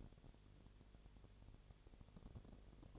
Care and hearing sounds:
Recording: daily activity, microphone in the room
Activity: no activity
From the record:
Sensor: 4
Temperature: 22.7 degrees Celsius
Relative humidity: 32.0%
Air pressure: 1008.1 hPa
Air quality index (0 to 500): 114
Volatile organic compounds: 2 ppm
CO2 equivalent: 1102 ppm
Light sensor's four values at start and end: 2/3/1/1 and 2/3/1/1

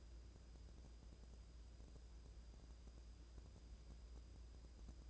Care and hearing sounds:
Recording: daily activity, microphone in the room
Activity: wipe stove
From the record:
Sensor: 2

